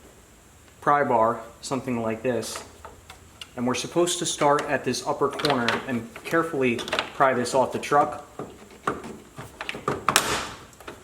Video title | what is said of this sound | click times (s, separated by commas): Morimoto XB Headlights Detailed Install - 2020+ Superduty | and I heard it pop a little bit so I think we have that release | 10.1 s